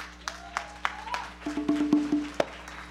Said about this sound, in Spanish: Gracias, hermano. Un aplauso para el ingeniero.